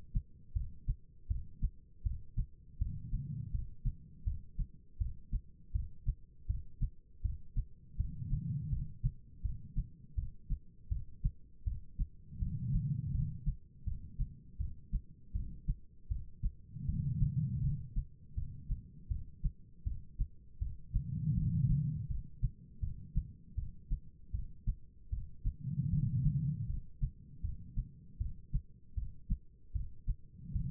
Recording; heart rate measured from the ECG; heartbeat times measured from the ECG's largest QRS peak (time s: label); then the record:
heart sounds by stethoscope; 80 bpm
0.53 s: heartbeat
1.28 s: heartbeat
2.03 s: heartbeat
2.78 s: heartbeat
3.51 s: heartbeat
4.24 s: heartbeat
4.98 s: heartbeat
5.72 s: heartbeat
6.47 s: heartbeat
7.22 s: heartbeat
7.97 s: heartbeat
8.70 s: heartbeat
9.42 s: heartbeat
10.15 s: heartbeat
10.89 s: heartbeat
11.64 s: heartbeat
12.39 s: heartbeat
13.12 s: heartbeat
13.85 s: heartbeat
14.58 s: heartbeat
15.33 s: heartbeat
16.09 s: heartbeat
16.86 s: heartbeat
17.61 s: heartbeat
18.35 s: heartbeat
19.08 s: heartbeat
19.84 s: heartbeat
20.59 s: heartbeat
21.35 s: heartbeat
22.08 s: heartbeat
22.80 s: heartbeat
23.55 s: heartbeat
24.32 s: heartbeat
25.10 s: heartbeat
25.90 s: heartbeat
26.67 s: heartbeat
27.42 s: heartbeat
28.18 s: heartbeat
28.95 s: heartbeat
29.73 s: heartbeat
30.53 s: heartbeat
From the record:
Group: healthy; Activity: rest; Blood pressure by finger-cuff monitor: 162/109 mmHg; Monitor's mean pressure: 128 mmHg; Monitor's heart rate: 80 bpm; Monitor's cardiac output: 4.7 L/min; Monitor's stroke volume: 58 mL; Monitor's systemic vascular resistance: 2060 dyn s/cm5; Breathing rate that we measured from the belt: 13 breaths a minute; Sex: female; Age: 51 years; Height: 162 cm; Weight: 70.04 kg